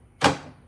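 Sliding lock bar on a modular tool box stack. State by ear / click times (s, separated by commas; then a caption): seated / 0.2 s. A sliding locking bar on a stacked Klein ModBox modular tool box is slid up and snaps into place with a sharp thud at about 0.2 s, then rings down briefly. The bar locks, holding the stacked tool box together.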